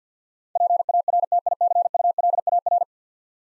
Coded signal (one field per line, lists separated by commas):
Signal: Morse code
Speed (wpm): 49 wpm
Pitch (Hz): 700 Hz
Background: none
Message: PARTICULAR